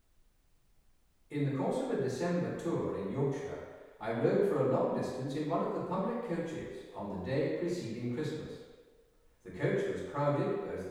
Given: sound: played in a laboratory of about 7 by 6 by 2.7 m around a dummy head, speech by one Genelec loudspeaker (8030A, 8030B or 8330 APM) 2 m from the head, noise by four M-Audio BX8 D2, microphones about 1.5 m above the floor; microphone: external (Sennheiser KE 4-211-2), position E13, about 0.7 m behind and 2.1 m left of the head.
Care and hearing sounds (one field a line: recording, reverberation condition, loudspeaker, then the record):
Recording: male speech in English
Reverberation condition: high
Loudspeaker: 150 degrees to the right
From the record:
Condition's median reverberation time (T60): about 1300 ms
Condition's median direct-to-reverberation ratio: about -4.0 dB